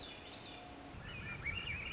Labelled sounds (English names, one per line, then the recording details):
Swainson's Thrush
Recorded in Sonoma County, California